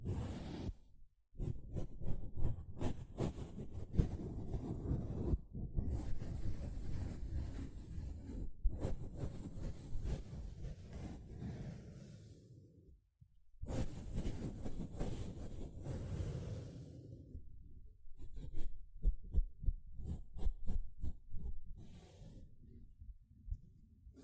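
A sponge is rubbed and squeezed in dense, rough bursts of scraping and crackling, heaviest in the low and middle range. Short silences break it near 1, 5.5, 8.5 and 13 seconds. The last stretch turns choppier, with quick repeated strokes and brief pauses.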